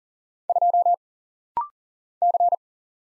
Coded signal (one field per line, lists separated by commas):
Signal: Morse code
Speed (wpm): 40 wpm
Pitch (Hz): 700 Hz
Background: none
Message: 2 C